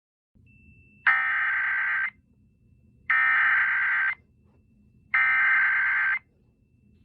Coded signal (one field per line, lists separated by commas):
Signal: Emergency Alert System (SAME) tones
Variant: header bursts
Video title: Floral Fantasia - My submission to the 2023 Spring Fling Project - An EAS Scenario